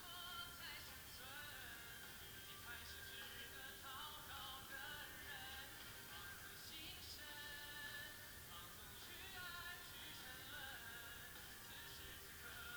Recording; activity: daily activity, guitar pickup as the sensor; browse video